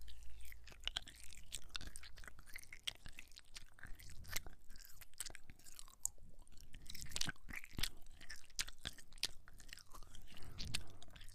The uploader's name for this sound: ASMR with chocolate lolly and sweets and sprinkles